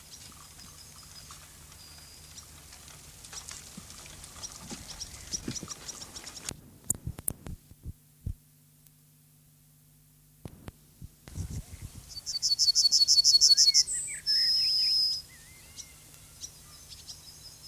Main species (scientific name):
Emberiza citrinella